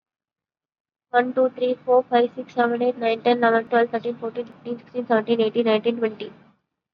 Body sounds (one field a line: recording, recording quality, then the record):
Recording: counting at a fast pace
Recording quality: excellent, no background noise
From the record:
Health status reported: COVID-19 positive, moderate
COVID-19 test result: positive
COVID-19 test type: RT-PCR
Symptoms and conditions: cough, cold, sore throat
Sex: female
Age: 23 years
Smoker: no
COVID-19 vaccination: one dose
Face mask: worn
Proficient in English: yes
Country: India